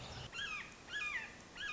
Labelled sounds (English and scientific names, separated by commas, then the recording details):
Red-shouldered Hawk (Buteo lineatus)
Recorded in Sonoma County, California